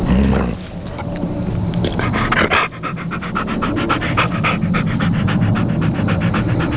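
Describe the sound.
Dog growling, a rough continuous rumble broken into fast breathy pulses, about four each second.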